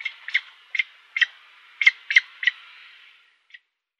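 Eurasian spoonbill giving a series of short harsh, rasping notes, then one faint final note after a pause.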